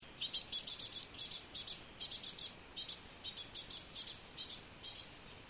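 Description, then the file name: Great tit giving sharp, high notes in short bursts, repeated throughout. "Parus major"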